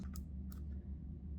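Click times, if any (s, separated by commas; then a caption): 0.2 s, 0.5 s. A plastic microSD card is pushed inward into the card slot of a Nintendo Switch OLED handheld game console. Two short, sharp clicks sound at 0.2 s and 0.5 s over a steady low hum, and the card snaps in and latches, seated in the slot.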